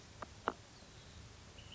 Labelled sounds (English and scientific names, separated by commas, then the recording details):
Ash-throated Flycatcher (Myiarchus cinerascens)
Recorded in Sonoma County, California